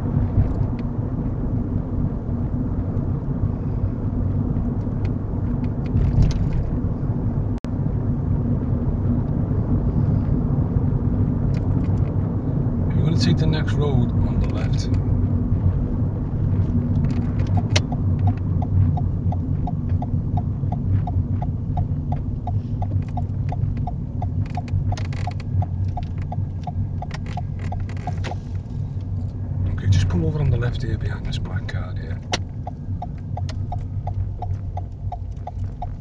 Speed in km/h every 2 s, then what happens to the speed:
42, 42, 44, 45, 45, 45, 47, 39, 29, 24, 19, 16, 15, 18, 19, 15, 8, 6.
0-11 steady at about 44. 11-23 slows to 15. 23-28 steady at about 18. 28-36 slows to 6.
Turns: 21-25.